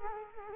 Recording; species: mosquito wingbeat signal from an infrared sensor; Culex quinquefasciatus